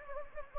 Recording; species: mosquito wingbeat signal from an infrared sensor; Anopheles gambiae